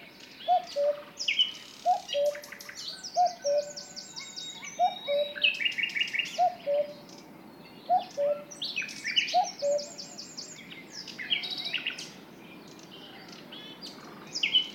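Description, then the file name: Cuckoo's two-note descending cu-coo, repeated steadily for about ten seconds, then stopping while other songbirds keep chirping and warbling. "minutes of cuckoos"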